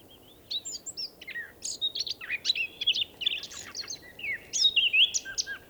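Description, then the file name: Eurasian blackcap song, a fast, varied warble of scratchy and clear notes jumping between high and middle pitch, delivered in a steady stream over soft background hiss. "Sylvia atricapilla"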